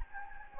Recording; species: mosquito wingbeat signal from an infrared sensor; Anopheles gambiae